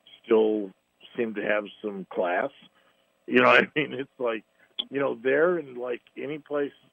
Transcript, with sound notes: still seem to have some class. You know what I mean? (laughs) It's like, you know, there and, like, any place...